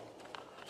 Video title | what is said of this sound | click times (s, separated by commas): Gerber Bear Grylls Ultimate Survival Knife: Eight Years Later | fashionably fits right there and it snaps into place and again the retention on that is very good | 0.4 s